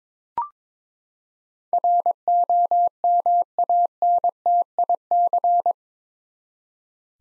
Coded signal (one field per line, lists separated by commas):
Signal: Morse code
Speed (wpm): 22 wpm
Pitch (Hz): 700 Hz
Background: none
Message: ROMANTIC